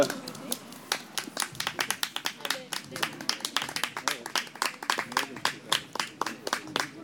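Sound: audience applauding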